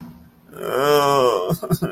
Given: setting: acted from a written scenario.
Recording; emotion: vocal sound without words; sadness